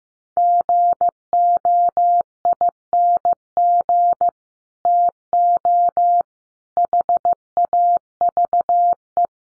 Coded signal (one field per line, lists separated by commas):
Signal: Morse code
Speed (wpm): 15 wpm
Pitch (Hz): 700 Hz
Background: none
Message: GOING TO HAVE